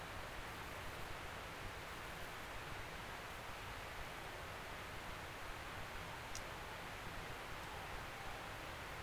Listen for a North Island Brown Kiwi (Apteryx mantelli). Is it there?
no